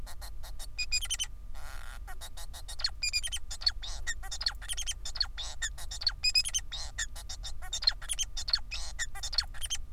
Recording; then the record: song of a male Bengalese finch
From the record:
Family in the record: son of father 4